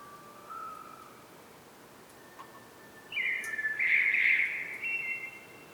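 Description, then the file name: Common blackbird giving a soft low whistle, then after a pause a louder warbling phrase lasting about two seconds. "Turdus merula"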